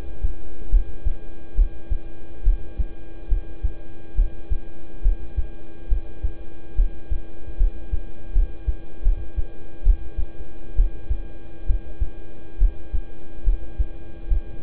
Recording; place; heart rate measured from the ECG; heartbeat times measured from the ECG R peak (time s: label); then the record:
heart sounds by stethoscope; between the tricuspid and mitral areas; 71 bpm
0.70 s: heartbeat
1.55 s: heartbeat
2.43 s: heartbeat
3.28 s: heartbeat
4.15 s: heartbeat
5.02 s: heartbeat
5.88 s: heartbeat
6.76 s: heartbeat
7.57 s: heartbeat
8.33 s: heartbeat
9.03 s: heartbeat
9.83 s: heartbeat
10.76 s: heartbeat
11.66 s: heartbeat
12.58 s: heartbeat
13.44 s: heartbeat
14.28 s: heartbeat
From the record:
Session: rest, lying down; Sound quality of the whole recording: good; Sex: male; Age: 26 years